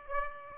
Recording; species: mosquito wingbeat signal from an infrared sensor; Aedes aegypti